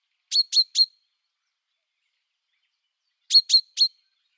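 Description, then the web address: Common chaffinch uttering two bursts of three crisp, abrupt pink calls, with a long quiet gap of roughly two and a half seconds between them. "Deverinetal"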